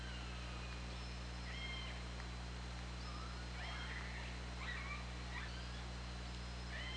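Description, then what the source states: Killer whale calling repeatedly: several short harmonic squeals and rising whistles spread throughout, with a steady low hum beneath. Underwater hydrophone at OrcaLab, 24 August 2017, 20:45:57.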